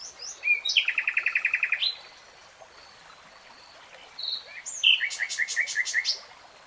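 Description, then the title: Nightingale song: two rapid rattling trills of repeated notes, separated by a quiet pause with soft whistles. Nightingale singing in real time. "[Tiếng chim hót] REALTIME Nightingale Singing"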